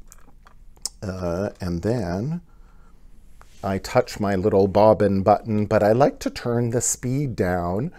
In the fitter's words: clicks into place click that into place